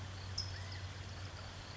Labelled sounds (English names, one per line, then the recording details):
California Towhee
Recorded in Sonoma County, California